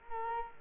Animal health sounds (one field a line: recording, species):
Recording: mosquito wingbeat signal from an infrared sensor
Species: Culex quinquefasciatus